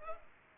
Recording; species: mosquito wingbeat signal from an infrared sensor; Culex pipiens